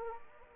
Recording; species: mosquito wingbeat signal from an infrared sensor; Anopheles arabiensis